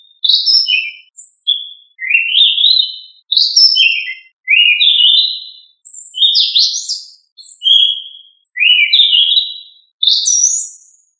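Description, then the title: Thrush singing a varied series of fluty whistled phrases, rising and falling slurs given one after another with short gaps, high thin notes mixed in, no other sounds. "Familia Turdidae - Sabia"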